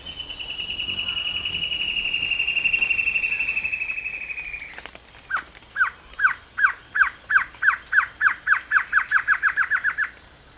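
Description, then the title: Glossy antshrike series of accelerating, bouncing notes that grow quicker and closer, following a long steady high whine that slowly falls. Nominate subspecies, assumed from location. "Completos2Sama. Glossy Antshrike (Sakesphorus luctuosus luctuosus (ssp assumed from location))"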